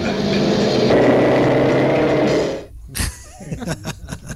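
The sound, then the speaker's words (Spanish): The V8 engine of a 2000 car roars loudly and steadily for about two and a half seconds as the driver accelerates while riot police cross, then cuts off abruptly, followed by quieter voices and what sounds like laughter. “mira, escucha al Coleta acelerando cuando cruzan los antidisturbios, verás.”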